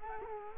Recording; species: mosquito wingbeat signal from an infrared sensor; Culex quinquefasciatus